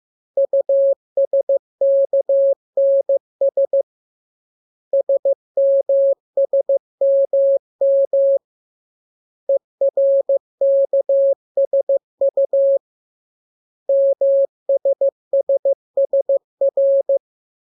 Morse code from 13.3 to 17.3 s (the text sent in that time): MSSSR